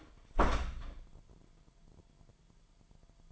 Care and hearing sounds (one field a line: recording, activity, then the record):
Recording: daily activity, microphone in the room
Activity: close door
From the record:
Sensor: 5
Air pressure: 998.6 hPa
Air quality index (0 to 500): 81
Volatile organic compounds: 1 ppm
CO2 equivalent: 927 ppm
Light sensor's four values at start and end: 34/82/34/38 and 34/82/34/38